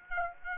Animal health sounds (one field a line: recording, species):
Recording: mosquito wingbeat signal from an infrared sensor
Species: Aedes aegypti